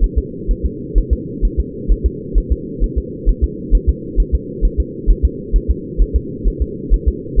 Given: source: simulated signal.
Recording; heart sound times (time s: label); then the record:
fetal heart sounds
0.04 s: S1
0.18 s: S2
0.51 s: S1
0.66 s: S2
0.98 s: S1
1.13 s: S2
1.45 s: S1
1.60 s: S2
1.92 s: S1
2.06 s: S2
2.38 s: S1
2.52 s: S2
2.84 s: S1
2.98 s: S2
3.29 s: S1
3.44 s: S2
3.75 s: S1
3.89 s: S2
4.20 s: S1
4.35 s: S2
4.65 s: S1
4.80 s: S2
5.10 s: S1
5.25 s: S2
5.56 s: S1
5.71 s: S2
6.02 s: S1
6.16 s: S2
6.48 s: S1
6.62 s: S2
6.94 s: S1
7.08 s: S2
7.40 s: S1
From the record:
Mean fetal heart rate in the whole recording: 130 bpm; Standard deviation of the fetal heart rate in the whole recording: 2 bpm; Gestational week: 36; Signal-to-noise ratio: -4.1 dB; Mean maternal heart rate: no maternal heart sound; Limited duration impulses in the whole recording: absent